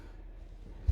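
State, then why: Not seated. The pull-out washbasin of a seven-metre Mercedes-based Frankia Neo MT7 BD motorhome bathroom is being handled as it is pushed back toward its cabinet housing with a fair bit of force, stiff because the unit is new. A low, steady rumble of handling noise runs through the clip, ending with a sudden loud burst at 0.9 s. Nothing has seated or clicked into place yet.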